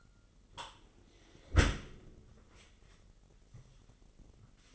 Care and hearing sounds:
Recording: daily activity, microphone in the room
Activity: close dishwasher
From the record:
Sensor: 4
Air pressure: 999.2 hPa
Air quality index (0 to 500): 121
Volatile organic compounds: 2 ppm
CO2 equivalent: 1189 ppm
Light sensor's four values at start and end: 9/21/8/9 and 9/21/8/9

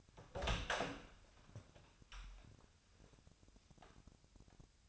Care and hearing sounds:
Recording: daily activity, microphone in the room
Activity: open door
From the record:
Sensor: 2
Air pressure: 1007.2 hPa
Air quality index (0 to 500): 188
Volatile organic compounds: 11 ppm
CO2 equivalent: 2314 ppm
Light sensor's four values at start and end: 10/23/9/10 and 10/24/10/10

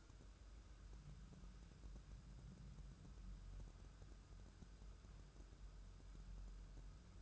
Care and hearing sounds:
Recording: daily activity, microphone in the room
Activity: wipe stove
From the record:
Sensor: 2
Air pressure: 1015.0 hPa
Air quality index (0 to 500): 78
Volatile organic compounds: 1 ppm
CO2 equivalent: 962 ppm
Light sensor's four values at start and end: 13/35/14/15 and 13/35/14/15

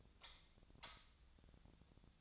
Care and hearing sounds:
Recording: daily activity, microphone in the room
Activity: light off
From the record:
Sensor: 3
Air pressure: 1009.8 hPa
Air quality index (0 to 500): 189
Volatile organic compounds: 14 ppm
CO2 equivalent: 2463 ppm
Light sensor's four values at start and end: 45/119/50/52 and 39/98/42/45

